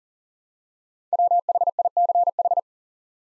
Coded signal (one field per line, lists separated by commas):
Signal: Morse code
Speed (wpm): 38 wpm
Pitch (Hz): 700 Hz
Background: none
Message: WHICH